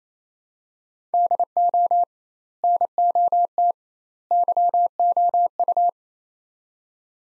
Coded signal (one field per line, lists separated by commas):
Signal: Morse code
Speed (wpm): 28 wpm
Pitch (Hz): 700 Hz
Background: none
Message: DO NOT YOU